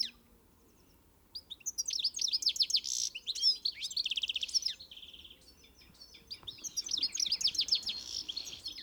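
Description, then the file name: European goldfinch giving rapid liquid twittering notes in bursts, with a short nasal buzzy trill midway, then more tinkling chatter after a brief pause. "Carduelis carduelis"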